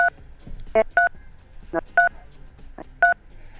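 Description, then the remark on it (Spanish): Telephone dialing tones on a call line with a phone having problems: about seven short, bright dual-pitched beeps in an uneven rhythm, some in quick pairs, over a faint background hiss with no talking. “Sí, está con problemas el teléfono de Gisela, claramente.”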